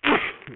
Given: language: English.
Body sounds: throat vibration sensor signal played as sound; cough

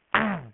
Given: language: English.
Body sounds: throat vibration sensor signal played as sound; throat clearing

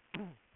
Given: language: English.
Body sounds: throat vibration sensor signal played as sound; throat clearing

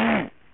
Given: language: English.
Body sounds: throat vibration sensor signal played as sound; throat clearing

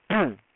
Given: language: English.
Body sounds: throat vibration sensor signal played as sound; throat clearing

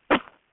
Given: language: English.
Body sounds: throat vibration sensor signal played as sound; cough

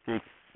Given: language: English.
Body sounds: throat vibration sensor signal played as sound; speech

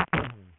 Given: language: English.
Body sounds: throat vibration sensor signal played as sound; throat clearing

